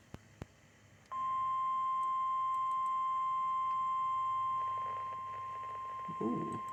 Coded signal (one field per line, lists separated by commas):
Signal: Emergency Alert System (SAME) tones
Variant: 1050 Hz attention tone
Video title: EAS Alert #141. Severe Thunderstorm Warning.